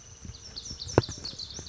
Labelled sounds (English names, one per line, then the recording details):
Pacific Wren
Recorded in Sonoma County, California